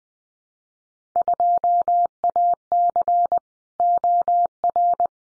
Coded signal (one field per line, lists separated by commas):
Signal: Morse code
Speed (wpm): 19 wpm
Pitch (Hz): 700 Hz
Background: none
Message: 2AC OR